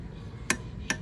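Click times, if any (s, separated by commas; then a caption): 0.5 s, 0.9 s. A torque wrench set to 20 newton-meters per the manual tightens the oil filter on a Suzuki GSX-S750 motorcycle. Two sharp, bright clicks ring out at 0.5 s and 0.9 s over a quiet low hum, showing the wrench has reached its setting and the filter is done.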